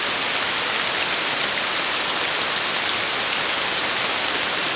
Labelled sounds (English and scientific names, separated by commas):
none